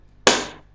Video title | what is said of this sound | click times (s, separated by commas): How To Build a Home Office Computer - Full Build | firm pressure with thumbs until it clicks and that ram is installed | 0.3 s